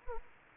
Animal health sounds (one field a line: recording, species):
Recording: mosquito wingbeat signal from an infrared sensor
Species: Anopheles gambiae